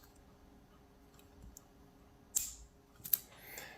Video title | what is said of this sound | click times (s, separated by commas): Olympia SM3 / SM4 - Removing And Cleaning Keys | and rotate it around the top and you'll hear it click into place | 3.1 s